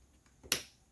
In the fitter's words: Yeah, hear that click.